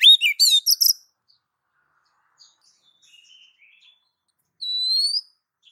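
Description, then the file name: Oriental magpie-robin giving a quick burst of sharp, chirpy whistled notes, soft scattered notes after it, then one clear, slightly rising whistle near the end. Female calling the male. "Suara Kicau Burung Kacer Betina Memanggil Jantan"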